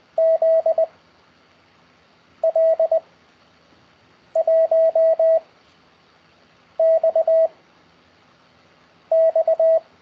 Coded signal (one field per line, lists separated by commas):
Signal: Morse code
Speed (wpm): 20 wpm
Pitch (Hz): 650 Hz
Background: none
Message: Z L 1 X X